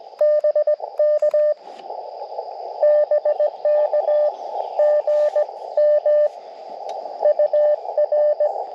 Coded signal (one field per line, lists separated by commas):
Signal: Morse code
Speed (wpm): 20 wpm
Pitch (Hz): 590 Hz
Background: radio noise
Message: BK BK GM UR